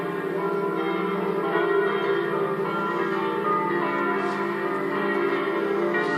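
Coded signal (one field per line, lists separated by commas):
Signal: bell signal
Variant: 5 swinging bells, a slancio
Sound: several large church bells swinging and clanging continuously, overlapping in a rich ringing wash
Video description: concerto di 5 campane mezz' ora prima della messa delle 09:30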